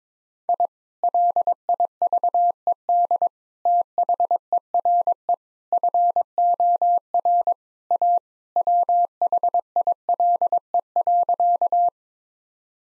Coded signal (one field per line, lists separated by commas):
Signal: Morse code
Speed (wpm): 22 wpm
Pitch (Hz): 700 Hz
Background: none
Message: I LIVED THERE FOR A WHILE.